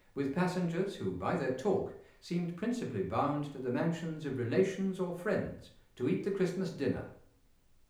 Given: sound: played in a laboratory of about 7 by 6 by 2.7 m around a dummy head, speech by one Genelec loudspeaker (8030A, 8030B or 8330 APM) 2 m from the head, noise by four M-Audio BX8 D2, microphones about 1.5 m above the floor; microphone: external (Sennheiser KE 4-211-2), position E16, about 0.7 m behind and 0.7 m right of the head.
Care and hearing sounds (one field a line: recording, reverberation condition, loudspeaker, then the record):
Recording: male speech in English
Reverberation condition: medium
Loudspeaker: 60 degrees to the right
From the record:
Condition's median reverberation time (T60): about 510 ms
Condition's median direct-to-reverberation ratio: about -0.5 dB